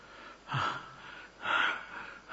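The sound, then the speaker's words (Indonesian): A voice imitates the heavy, agitated panting of a very angry person whose heart is pounding: two strong breathy bursts about a second apart, each followed by a softer breath, harsh and airy with no words. “Atau kamu lihat yang sangat keras marahnya akan ngos-ngosan karena jantungnya.”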